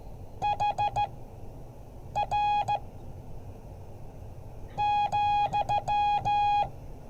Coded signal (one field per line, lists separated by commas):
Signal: Morse code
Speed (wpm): 15 wpm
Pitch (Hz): 830 Hz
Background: none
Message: HR ,